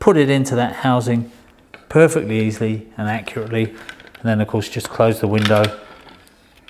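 Someone talks while the spring-loaded hinge of a Keylite roof window sash is handled into its hinge housing on the frame, before the window is closed to pop the hinge lock into place. Two faint, brief ticks are heard near the end at 6.3 s and 6.7 s. The clip ends with the part handled but not yet home; nothing has seated or clicked yet.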